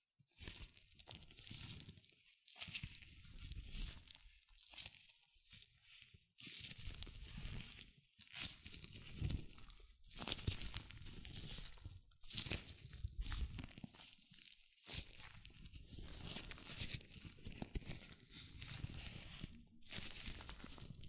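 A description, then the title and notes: Latex gloves rubbed and handled in dense, continuous bursts of squeaky, crinkling friction with a bright, hissy edge. The rubbing comes in irregular strokes lasting a second or two, broken by brief silent gaps near 2.5, 6, 8 and 15 seconds. ASMR Latex Gloves Hand Sounds (No Talking).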